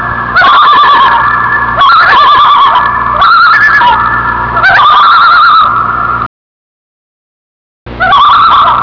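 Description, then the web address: Loon tremolo calls: four quavering, laughing bursts about every one and a half seconds over a long held wailing tone, a short silence, then the calling resumes. "earco loons"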